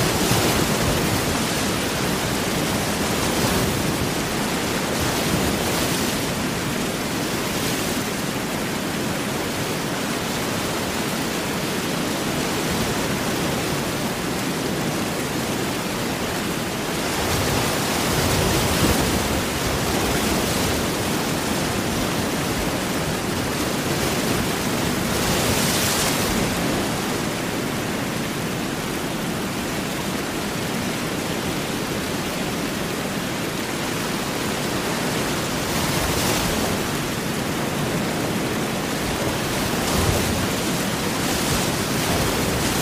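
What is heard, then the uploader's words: Heavy rain and ocean surf blend into a dense, constant hiss that fills everything from low rumble to bright top. Loudness stays nearly level throughout, with brief brighter swells around 17, 26 and 36 seconds. Heavy Rain & Big Ocean Waves | Rainstorm Sounds White Noise.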